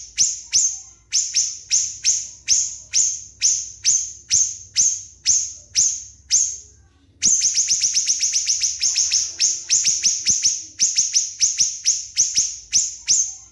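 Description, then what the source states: Spiderhunter song: sharp high notes repeated in a steady series, a brief silence, then a faster, denser burst of piercing chips. Vigorous, clear, long-running song; recording used as training material for songbirds.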